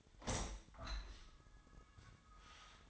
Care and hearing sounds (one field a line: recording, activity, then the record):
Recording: daily activity, microphone in the room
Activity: open window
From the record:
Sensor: 3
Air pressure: 1004.6 hPa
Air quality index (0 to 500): 83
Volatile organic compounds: 2 ppm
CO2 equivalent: 1266 ppm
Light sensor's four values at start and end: 7/16/6/6 and 7/16/6/6